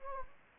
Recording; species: mosquito wingbeat signal from an infrared sensor; Anopheles gambiae